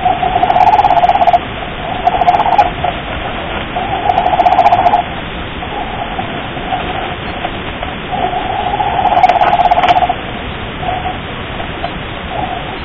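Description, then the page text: Stimpson's ghost crab sound: rapid, rasping pulse trains in several louder bursts of varying length, with softer pulses between, over constant hiss. Recorded from Sagami Bay, Japan; a loud, repeating sound made by the crab. "相模湾産スナガニ類二種の鳴き声ー昭和天皇もお聞きになられたー 元 真鶴町立遠藤貝類博物館長 渡部 孟（わたべ・たけし） A. スナガニの発する大きく繰り返す音"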